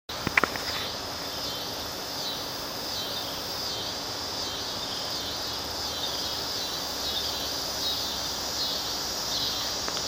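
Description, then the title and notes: Scissor-grinder cicada call: a continuous high, raspy buzz with a steady pulsing throb, sustained throughout after a couple of brief clicks at the start. "Scissors Grinder Cicada by Christie Mullen"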